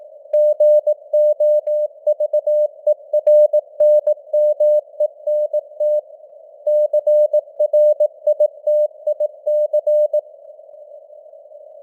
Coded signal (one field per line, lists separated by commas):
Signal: Morse code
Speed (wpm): 18 wpm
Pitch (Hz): 600 Hz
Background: none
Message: GOVERNMENT CRITIC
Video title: Morse Code News | 2025-10-08 | 18wpm